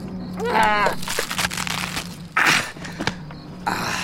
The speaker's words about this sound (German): Ich versuche, diese Frucht hier aufzuschneiden. Was für eine Frucht denn? Diese hier.